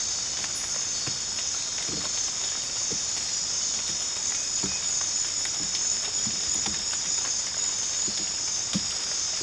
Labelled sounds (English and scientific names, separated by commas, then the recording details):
none
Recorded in dense forest near Puerto Asís, Putumayo, Colombia, on 8 March 2025 at 00:00
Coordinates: 0.486, -76.317
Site G053